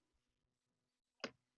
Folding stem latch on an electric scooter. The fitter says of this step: c'estéclipsé